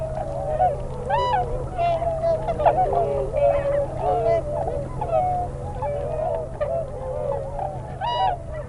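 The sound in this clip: Tundra swans giving overlapping high honks and bugled notes, a busy flock chorus with louder calls standing out now and then, steady hum behind.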